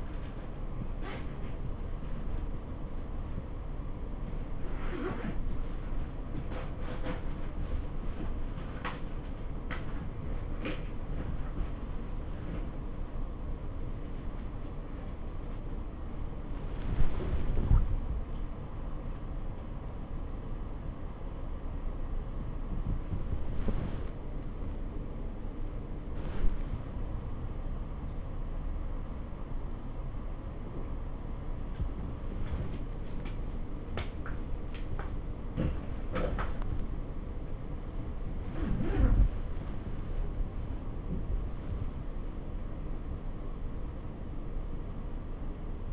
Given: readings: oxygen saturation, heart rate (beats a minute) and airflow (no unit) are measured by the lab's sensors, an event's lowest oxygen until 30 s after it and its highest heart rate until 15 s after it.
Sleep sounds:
a person awake in a sleep study, by a smartphone at the bedside; none
0.00-45.93 s: awake
From the record:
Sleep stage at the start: awake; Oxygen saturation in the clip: 95 to 96%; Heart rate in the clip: 46 to 97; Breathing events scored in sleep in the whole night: 277 in 7.4 hours asleep

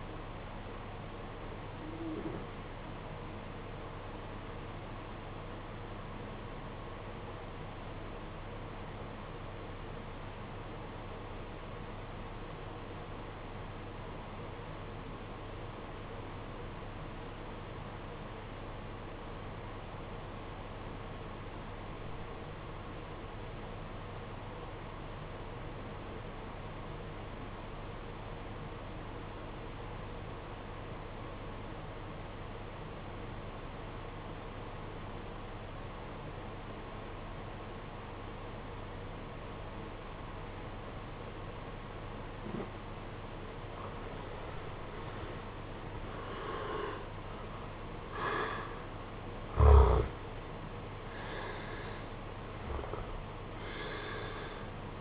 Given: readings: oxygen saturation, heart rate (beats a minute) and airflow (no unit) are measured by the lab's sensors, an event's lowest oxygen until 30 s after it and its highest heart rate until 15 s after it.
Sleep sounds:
breathing in sleep by a voice recorder at the bedside; 1
4.00-44.60 s: obstructive apnea (REM, oxygen 96% highest, then 76% lowest, heart rate 48 at the start, 78 highest)
From the record:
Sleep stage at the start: REM sleep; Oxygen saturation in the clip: 79 to 96%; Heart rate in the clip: 48 to 78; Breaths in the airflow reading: 4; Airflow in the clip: -12.4 to 14.4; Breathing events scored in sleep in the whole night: 476 in 9.7 hours asleep

